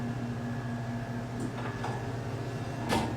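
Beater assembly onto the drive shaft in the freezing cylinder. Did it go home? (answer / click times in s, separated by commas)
no / none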